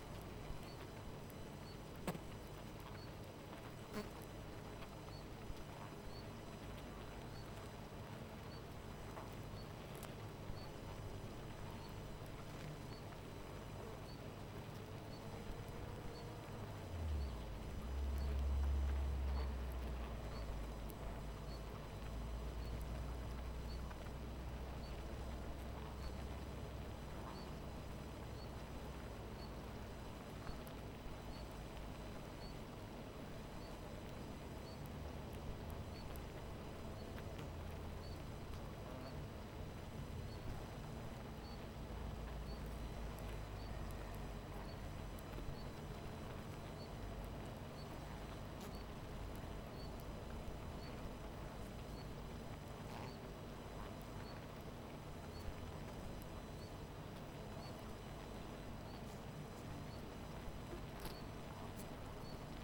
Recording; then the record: honeybee colony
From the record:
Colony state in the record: missing queen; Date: 14 July 2017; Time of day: 18:45